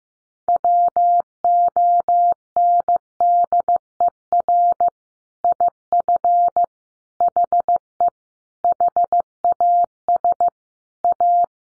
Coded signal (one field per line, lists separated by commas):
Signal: Morse code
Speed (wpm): 15 wpm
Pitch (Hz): 700 Hz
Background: none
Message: WONDER IF HE HAS A